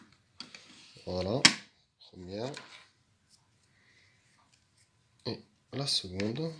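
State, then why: Seated. A part is pressed into place on an Intex ZX300 floor-and-wall pool cleaning robot until the small plastic clip on the housing snaps shut, giving a sharp little click at 0.4 s. The clip locks and the part is seated. Someone talks afterward.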